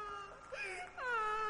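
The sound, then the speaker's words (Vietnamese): A mournful, wavering wail of someone crying, heard from a banana grove behind a house amid wind rustling the leaves, rises and falls in long sobbing cries, one drawn-out moan breaking into another, steady in loudness with no talking. “Nhưng bần thần từ vườn chuối sau nhà lẫn trong tiếng gió thổi lá cây xào xạc, ông trưởng thôn văng vẳng nghe tiếng vang lên khi có tiếng ai đó khóc ai oán, nức nở từng hồi, lúc như thật gần khi lại thật xa.”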